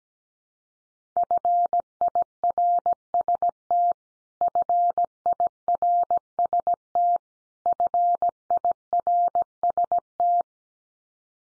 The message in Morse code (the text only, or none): FIRST FIRST FIRST